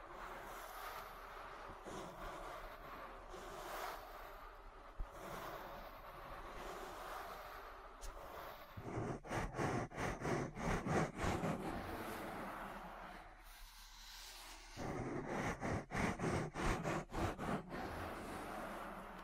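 An ASMR ear massage: soft, steady rubbing and rustling fills the first eight or nine seconds. Then quick, regular strokes start, each a short burst of scratchy friction, pause briefly around fourteen seconds, and return at the same brisk pace near the end.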